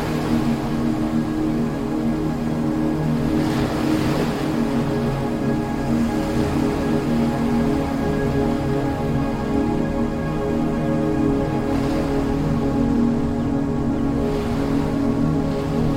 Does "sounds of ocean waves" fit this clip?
yes